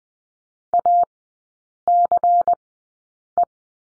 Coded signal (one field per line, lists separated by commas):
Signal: Morse code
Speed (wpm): 20 wpm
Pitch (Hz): 700 Hz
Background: none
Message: ACE